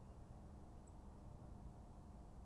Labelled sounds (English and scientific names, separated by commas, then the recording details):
Song Thrush (Turdus philomelos)
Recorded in Germany
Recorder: ecoPi